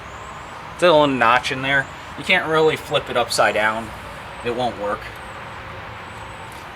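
A new H11 headlight bulb for a Nissan Rogue is turned and lined up by its notch with its plastic wiring connector, since it won't go in upside down. Someone talks over a steady background hum. The bulb has not yet been slid in, and nothing has clicked into place.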